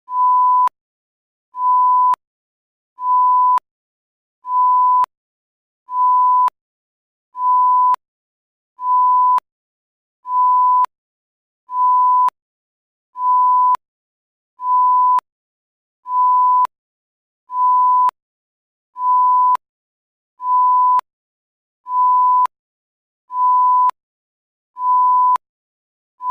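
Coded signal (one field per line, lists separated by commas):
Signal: none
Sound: generic sound effect beeps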